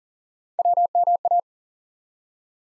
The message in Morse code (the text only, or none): WMA